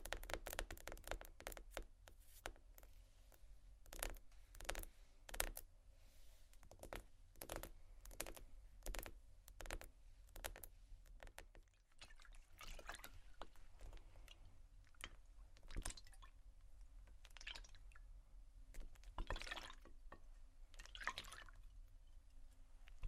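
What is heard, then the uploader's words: Sharp taps and clicks on glass and bamboo come in irregular bursts, some quick and clustered, others spaced out, with a few softer scratching passages between them. Light watery dripping sounds mix in, over a faint, steady low hum. Tapping, water, scratching, glass, bamboo, etc(No Talking).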